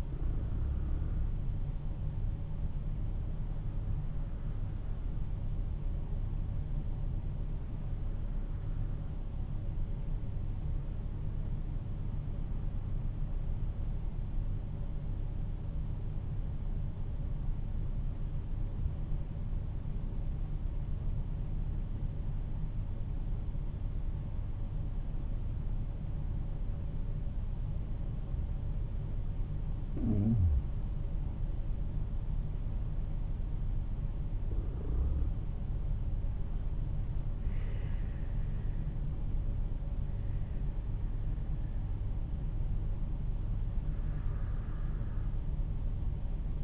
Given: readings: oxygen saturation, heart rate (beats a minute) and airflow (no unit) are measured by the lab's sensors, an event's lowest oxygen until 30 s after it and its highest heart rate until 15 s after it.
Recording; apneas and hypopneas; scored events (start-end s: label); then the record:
breathing in sleep by a smartphone at the bedside; 1
1.00-46.64 s: new sleep stage, N2 (light sleep)
3.00-31.30 s: hypopnea (N2, oxygen 95% highest, then 92% lowest, heart rate 55 at the start, 55 highest)
From the record:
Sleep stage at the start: N1 (lightest sleep); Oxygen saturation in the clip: 88 to 95%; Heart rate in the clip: 44 to 58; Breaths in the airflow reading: 7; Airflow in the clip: -8.3 to 10.7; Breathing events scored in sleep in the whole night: 388 in 6.5 hours asleep